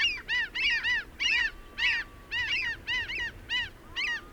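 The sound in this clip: Bird calls from a group: nasal honking notes in short bursts with brief gaps between, and a faint steady whistle underneath.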